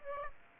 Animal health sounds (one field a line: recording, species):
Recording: mosquito wingbeat signal from an infrared sensor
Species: Aedes aegypti